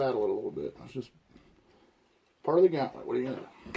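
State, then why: Not seated. A hammer block and spring assembly from a Hill Airgun hammer spring kit is worked into the receiver of a Umarex Gauntlet airgun against an awkward fit. Someone talks, with a quiet stretch of faint handling noise between about 1.1 and 2.4 s. Nothing has seated or clicked yet.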